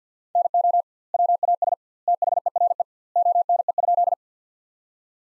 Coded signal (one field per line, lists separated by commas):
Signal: Morse code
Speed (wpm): 50 wpm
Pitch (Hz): 700 Hz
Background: none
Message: NO WAS THERE ONE?